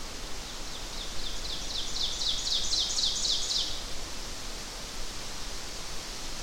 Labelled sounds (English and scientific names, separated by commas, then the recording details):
Ovenbird (Seiurus aurocapilla) song
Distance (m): 35 m
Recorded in boreal forest in Alberta, Canada, on 12 June 2016 at 06:12
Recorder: SongMeter 3, array SBT-3-18
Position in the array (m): 230 m, 88 m
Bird 31